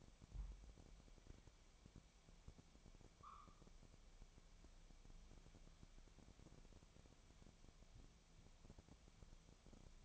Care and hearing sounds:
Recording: daily activity, microphone in the room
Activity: wipe stove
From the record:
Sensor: 1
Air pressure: 1007.1 hPa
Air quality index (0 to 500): 204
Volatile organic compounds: 22 ppm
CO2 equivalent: 2757 ppm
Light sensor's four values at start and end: 12/32/13/14 and 12/32/12/14

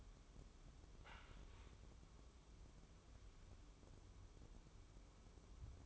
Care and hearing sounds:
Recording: daily activity, microphone in the room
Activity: wipe stove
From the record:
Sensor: 1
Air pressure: 1015.1 hPa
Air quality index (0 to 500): 70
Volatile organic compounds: 1 ppm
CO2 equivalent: 912 ppm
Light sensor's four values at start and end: 14/32/13/15 and 14/32/13/15

